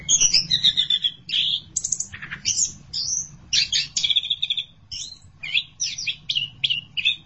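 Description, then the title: Thrush song of varied high whistles, rattling trills and scratchy notes, phrases shifting quickly and separated by short breaks. "burung anis x"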